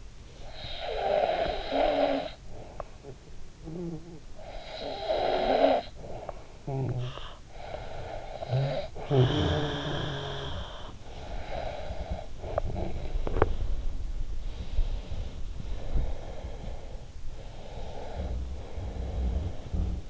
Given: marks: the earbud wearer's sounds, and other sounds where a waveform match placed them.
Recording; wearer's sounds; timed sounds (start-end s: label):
sounds in sleep by an in-ear microphone; snoring breath, teeth grinding, breath
0.07-14.19 s: snoring breath
12.33-13.73 s: teeth grinding
14.19-20.10 s: breath
18.02-19.93 s: sound from someone else or the room